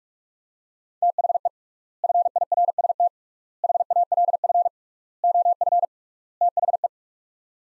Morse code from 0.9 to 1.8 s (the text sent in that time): THE